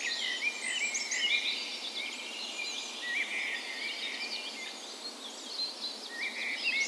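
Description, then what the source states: Dawn chorus, continuous overlapping bird song with high twitters, whistles and short trills from many birds. Birds' dawn chorus in a park west in Bergen, Norway, on the morning of 17 May (National Day) in full spring; recorded with a Sony PCM A10 and LOM micro Usi microphones as tree ears.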